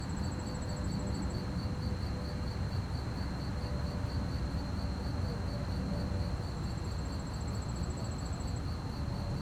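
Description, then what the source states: Fast continuous cricket chirping, a higher trill briefly at the start and again toward the end, faint hum and steady low rumble. Fast-chirping crickets at night on a quiet street, with distant activity and slight wind; stereo.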